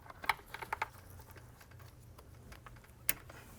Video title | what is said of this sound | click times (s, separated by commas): Porsche Macan Radiator Replacement DIY (2015-2018 Porsche 95B.1 Macan S, GTS, Turbo) | We want to hear that audible click. | 3.1 s